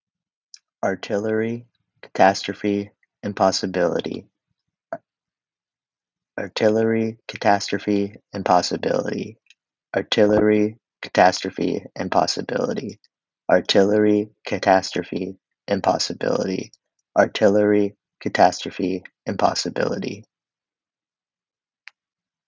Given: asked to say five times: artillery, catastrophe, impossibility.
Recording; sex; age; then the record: three words, each repeated; male; 20 to 29 years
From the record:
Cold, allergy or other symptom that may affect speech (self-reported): no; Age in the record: 23 years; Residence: United States